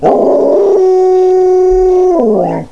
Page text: Silver Screen Australian Shepherds 2002 News. Click to hear Spirit's and Morgan Christmas Greeting!!!